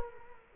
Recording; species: mosquito wingbeat signal from an infrared sensor; Culex quinquefasciatus